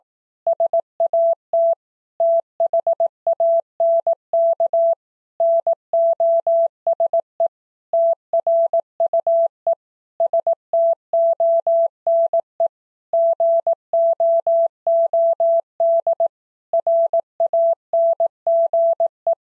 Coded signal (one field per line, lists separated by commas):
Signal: Morse code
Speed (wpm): 18 wpm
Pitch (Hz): 670 Hz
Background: none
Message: SAT THANK NOSE TRUE STONE GOOD RANGE